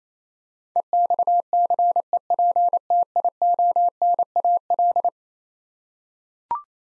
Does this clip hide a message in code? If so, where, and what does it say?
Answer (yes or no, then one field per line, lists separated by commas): yes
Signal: Morse code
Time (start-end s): 0.8-5.1 s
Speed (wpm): 27 wpm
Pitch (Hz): 700 Hz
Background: none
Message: EXCEPTIONAL